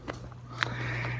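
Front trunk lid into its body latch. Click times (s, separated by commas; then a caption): 0.6 s. The front trunk lid of a 2000 Porsche 911 Carrera Cabriolet, after being dropped, is pressed down with the palm on the Porsche emblem so it latches into the body. Two softer taps come at 0.1 and 0.3 s, then a sharp, bright click at 0.6 s over a steady low hum. The latch catches and the lid is seated shut.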